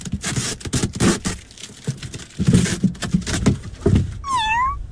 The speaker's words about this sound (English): Look, he's just a kitten. You're just a little baby kitten, aren't you? He likes you, doesn't he? What a beautiful little kitten.